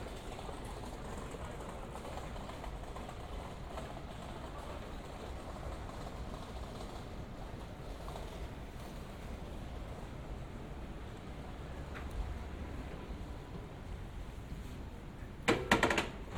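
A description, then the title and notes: A steady low city rumble of traffic and trains fills a Tokyo street walk, with a brief sharp clatter near the end. 3D AUDIO TOKYO WALKING - Shinbashi(新橋), Japan.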